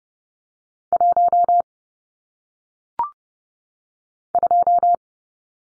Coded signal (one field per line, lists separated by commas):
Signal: Morse code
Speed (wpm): 30 wpm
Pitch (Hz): 700 Hz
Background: none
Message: 1 2